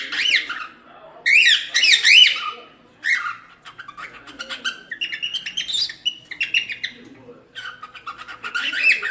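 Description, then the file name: Cockatiel whistled song, bright rising and falling phrases in short bursts with chattering notes between them, some squawky sounds. Song of a lutino colour variety cockatiel. "canto da calopsita lutino"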